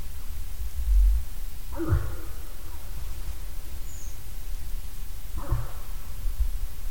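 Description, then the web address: Moose with two short, gruff grunts spaced about three and a half seconds apart, a brief high chirp in between, over low rumbling background. "hirvi lauri hallikainen. nisakkaiden-aania-7-osa-hirvi"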